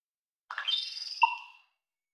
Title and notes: Common Raven - Twitter-Pops and Beak Snaps. Odd twittery pop vocalizations and beak snaps from a North American Common Raven, August 2020